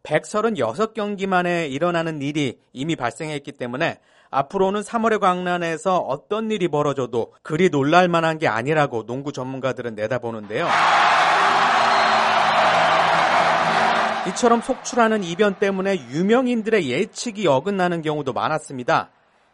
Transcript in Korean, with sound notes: 136경기 만에 일어나는 일이 이미 발생했기 때문에 앞으로는 ‘3월의 광란’에서 어떤 일이 벌어져도 그리 놀랄만한 게 아니라고 농구 전문가들은 내다보는데요. [녹취: 농구장 관중 함성] 이처럼 속출하는 이변 때문에 유명인들의 예측이 어긋나는 경우도 많았습니다.